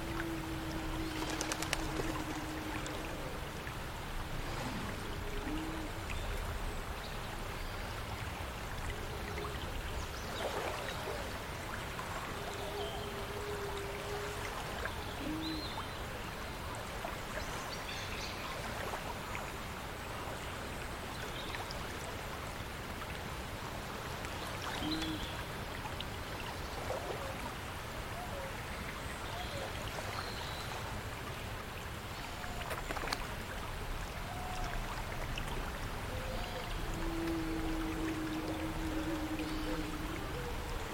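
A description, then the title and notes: Water flows steadily and densely throughout, with frequent splashes and knocks scattered across the recording. Short low, steady tones surface near the start, around eleven seconds, and again near the end, heard a little distant over the constant rush. Fairy watermill house in the deep forest ambience. You can here distant watermill from small house over there.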